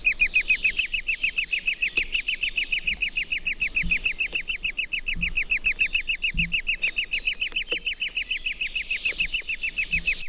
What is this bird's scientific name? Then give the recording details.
Dendrocopos major. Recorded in the wild. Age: juvenile. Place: Krüseliner Mühle, Feldberger Seenlandschaft, Mecklenburg-Vorpommern, DE. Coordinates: 53.2711, 13.4233. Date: 2000-05-27. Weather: wolkenlos, 15°C. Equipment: Sony TCD-D8, Telinga Pro 5. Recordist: Frommolt, Karl-Heinz. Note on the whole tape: Rufe von Jungspechten in Höhle. Höhle ist ca. 2,50 m über dem Boden. Entfernung 1 m